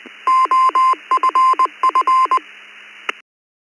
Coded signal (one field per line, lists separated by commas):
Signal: Morse code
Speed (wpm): 20 wpm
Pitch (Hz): 1040 Hz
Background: none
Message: OFF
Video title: East Coast Reflector Youth Net 146 2026 01 30 20 00 06